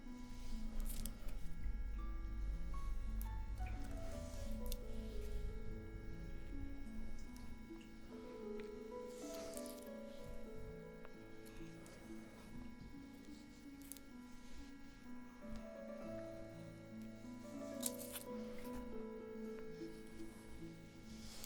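Soft, wet massage sounds from a face and scalp oil massage, with slow squishing and rubbing strokes over a steady low hum and faint tones.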